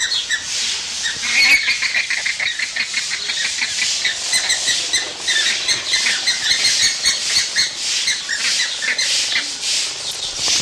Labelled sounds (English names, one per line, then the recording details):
Andean Flamingo call
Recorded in captivity
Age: adult
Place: Zoo Berlin, Berlin, DE
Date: 1987-07-02 11:25
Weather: sunny, 20°C
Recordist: Tembrock, Günter